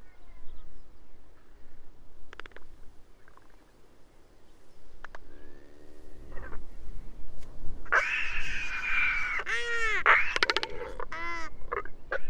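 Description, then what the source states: Royal albatross calls: sparse clicks and a soft wavering moan midway, then loud buzzy rattles and arched braying calls crowding the last few seconds. Several royal albatrosses singing.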